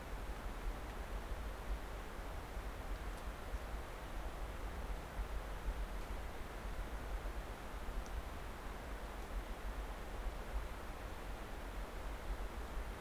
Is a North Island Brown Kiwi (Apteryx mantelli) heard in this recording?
no